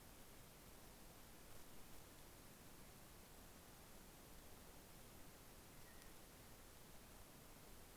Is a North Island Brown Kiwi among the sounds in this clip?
no